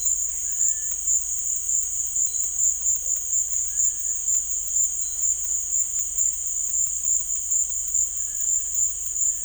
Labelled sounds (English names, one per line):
none